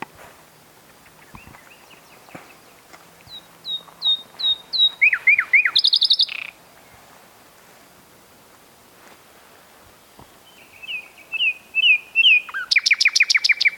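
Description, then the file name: Common nightingale song: phrases of repeated high down-slurred whistles that build into fast rattling trills. After a pause of several seconds, a second similar phrase ends in a rapid, loud, chattering burst. "Luscinia megarhynchos"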